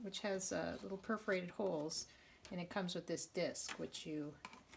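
Someone talks while handling a small plastic vent disc that snaps into the top of a perforated plastic humidity dome lid on a seed-starting tray. Only speech and light handling are heard. The disc has not seated or clicked into the lid yet.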